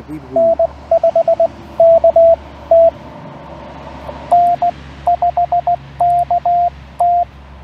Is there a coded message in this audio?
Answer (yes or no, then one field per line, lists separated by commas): yes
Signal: Morse code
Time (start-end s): 0.4-7.2 s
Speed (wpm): 16 wpm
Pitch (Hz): 690 Hz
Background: speech, radio noise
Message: N5KT N5KT